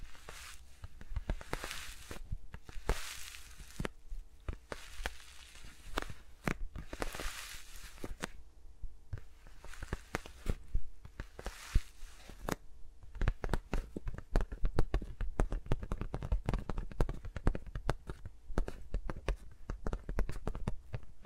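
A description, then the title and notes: ASMR sounds made with the mics around the fingers: soft brushing swishes rise and fade every second or two for the first twelve seconds, mixed with light taps. After that the tapping takes over, quick, dense and irregular, with crisp little clicks and a low thump underneath. ASMR with Mics Around My Fingers (No Talking).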